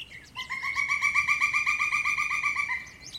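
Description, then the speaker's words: Pileated Woodpecker call, a rapid even series of many loud ringing notes, steady in pitch and fading at the end. Its calls are said to make even suburban woodlots seem like faraway wildness. "it's pretty awesome the way your calls make even the suburban woodlots seem like faraway wildness."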